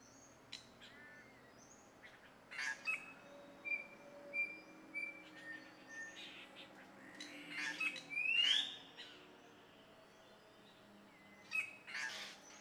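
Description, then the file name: Javan green magpie giving scattered harsh, squawking notes and one sharp rising whistle, over a steady low hum of background noise. "suara burung cissa thalassina ekek keling"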